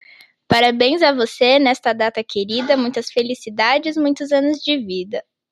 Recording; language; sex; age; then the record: short text; Brazilian Portuguese; female; 18 to 19 years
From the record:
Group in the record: control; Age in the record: 18 years